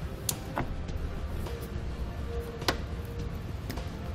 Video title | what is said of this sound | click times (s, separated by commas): Install: T-One Vehicle Wiring Harness with 7-Way Trailer Connector on a 2016 Ford Explorer | you want to be sure as you slide it together you here or at least field a little click you | 0.3 s